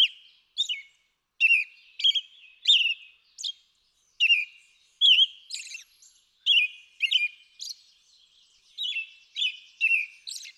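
American robin song, a string of rich, up-and-down whistled notes mixed with some higher, thinner squeaky syllables, continuing without a long break.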